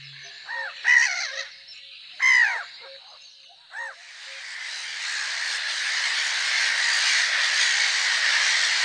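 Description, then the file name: Black-headed gull calls: several harsh, arched, harmonic squawks within the first four seconds, then a broad hissing noise builds and fills the rest. "smieszka"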